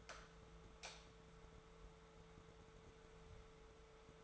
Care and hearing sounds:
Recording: daily activity, microphone in the room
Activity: light on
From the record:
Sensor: 3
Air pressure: 1014.6 hPa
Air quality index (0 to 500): 183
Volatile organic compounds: 19 ppm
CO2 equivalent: 2665 ppm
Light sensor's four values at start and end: 23/58/24/25 and 21/54/22/23

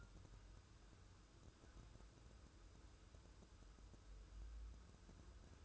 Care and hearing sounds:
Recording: daily activity, microphone in the room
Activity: wipe stove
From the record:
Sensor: 2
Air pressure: 1015.0 hPa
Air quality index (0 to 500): 83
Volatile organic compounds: 2 ppm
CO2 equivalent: 1030 ppm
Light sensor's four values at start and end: 13/35/14/15 and 13/35/14/15

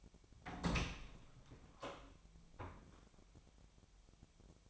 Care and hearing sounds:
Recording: daily activity, microphone in the room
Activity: open door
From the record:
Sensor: 1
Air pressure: 1007.3 hPa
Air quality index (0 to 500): 198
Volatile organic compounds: 19 ppm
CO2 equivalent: 2672 ppm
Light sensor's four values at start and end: 13/32/13/15 and 13/34/14/15

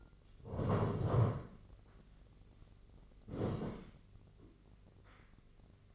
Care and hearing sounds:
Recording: daily activity, microphone in the room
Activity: sit down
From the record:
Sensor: 4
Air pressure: 1013.2 hPa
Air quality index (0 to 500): 176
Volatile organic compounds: 2 ppm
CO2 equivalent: 1106 ppm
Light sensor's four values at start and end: 46/114/48/51 and 46/114/48/51

